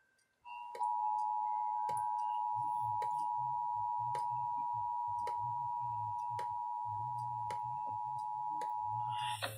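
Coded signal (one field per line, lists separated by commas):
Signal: Emergency Alert System (SAME) tones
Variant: 853 and 960 Hz attention tone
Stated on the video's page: Pennsylvania Required Monthly Tests relayed by FM radio stations, an EASyCAST stream, TV subchannels and an AM 1020 station.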